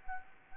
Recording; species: mosquito wingbeat signal from an infrared sensor; Anopheles gambiae